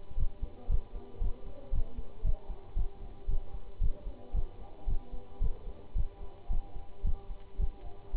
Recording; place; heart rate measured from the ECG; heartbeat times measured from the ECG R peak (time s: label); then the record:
heart sounds by stethoscope; between the tricuspid and mitral areas; 113 bpm
0.18 s: heartbeat
0.70 s: heartbeat
1.22 s: heartbeat
1.73 s: heartbeat
2.25 s: heartbeat
2.77 s: heartbeat
3.29 s: heartbeat
3.82 s: heartbeat
4.35 s: heartbeat
4.88 s: heartbeat
5.42 s: heartbeat
5.96 s: heartbeat
6.51 s: heartbeat
7.05 s: heartbeat
7.60 s: heartbeat
8.15 s: heartbeat
From the record:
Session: Bruce protocol treadmill stress test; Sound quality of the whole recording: good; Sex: male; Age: 25 years